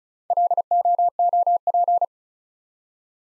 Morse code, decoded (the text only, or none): LOOP